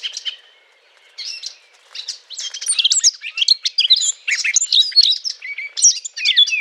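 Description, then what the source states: Eurasian blackcap song opening with a few separate notes, then breaking into a fast, jumbled warble. Courtship song.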